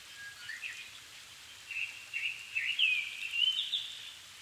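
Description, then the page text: Japanese thrush song with a low introductory note followed by a tumbling series of clear whistled notes over soft background noise. Recorded 7 May 2011 at 17:59, altitude 270 m, with a Sony PCM-D50 and Panasonic WM-61A microphone. "kurotugumi 20110507-1759. Turdus cardis [Sounds -Nikko Today-]"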